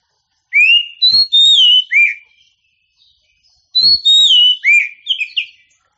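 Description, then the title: Oriental magpie-robin song of clear rising and falling whistled notes, delivered in two bursts about three seconds apart. Champion songbird. "Kicau Burung Kacer Juara"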